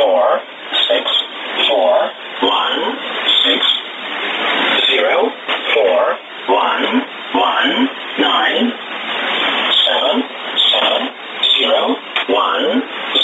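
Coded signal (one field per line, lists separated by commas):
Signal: numbers station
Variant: E07a, English Man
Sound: a male voice reading short, evenly spaced words over noisy shortwave static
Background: radio static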